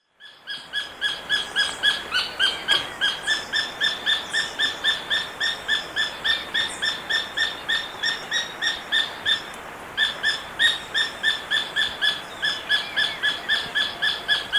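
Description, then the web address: Black-billed treehunter giving a long, steady series of sharp, harsh notes, continuing throughout with only a brief pause near ten seconds. Recorded in Ecuador. "Natures Songs S America Birds of Ecuador Black-billed Treehunter"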